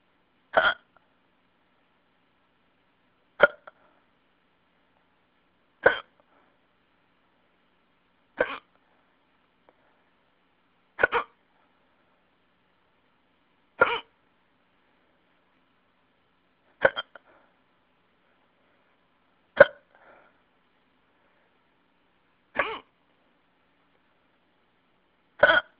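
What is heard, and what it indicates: Ten short, sharp hiccups from an adult come at a steady rhythm, about one every 2.7 seconds (roughly 22 a minute), with silence between them, heard over a phone message. Each is an abrupt gulping catch with no speech. Regular repeated hiccups, or singultus.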